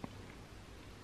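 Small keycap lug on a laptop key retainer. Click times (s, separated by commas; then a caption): 0.0 s. The second plastic lug of a small MacBook butterfly keycap unclips from its laptop key retainer with a light, sharp click at 0.0 s, leaving the keycap's second lug popped free. A faint soft tick follows at 0.3 s, then only a low, steady background hiss remains.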